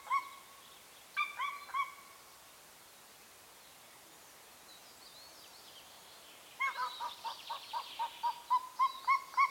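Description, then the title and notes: Golden Eagle calling: a few brief yelps, a quiet gap, then a rapid run of short, repeated yelping notes over a soft background hiss. Recorded in Bucovina, Romania, with a Zoom F6 recorder and Lom mikroUsi Pro microphones. "The beautiful calls of the Golden eagle. Recorded in Bucovina, Romania"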